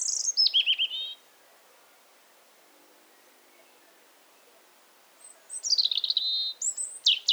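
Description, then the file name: European robin song, a high descending trilled phrase at the start, a long pause, then a further run of thin, sliding high notes and sharp downward strokes. "Erithacus rubecula"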